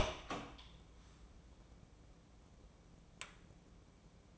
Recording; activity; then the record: daily activity, microphone in the room; open door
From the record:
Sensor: 1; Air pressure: 1012.3 hPa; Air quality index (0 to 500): 162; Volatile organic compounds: 3 ppm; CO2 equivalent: 1333 ppm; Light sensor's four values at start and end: 844/1844/857/987 and 839/1831/852/981